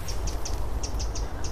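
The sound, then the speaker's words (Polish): A tit gives sharp, high alarm calls, a quick series of short repeated notes in two bursts over a low, steady background rumble. “Jakaś sikora jest zaniepokojona, czyli coś wokół nas, albo kot idzie, albo...”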